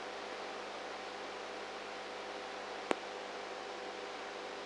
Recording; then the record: brain microelectrode recording played as sound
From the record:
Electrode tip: inside the subthalamic nucleus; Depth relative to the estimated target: -1 mm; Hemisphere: right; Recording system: NeuroSet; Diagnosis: Parkinson's disease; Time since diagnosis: 19 years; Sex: female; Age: 58 years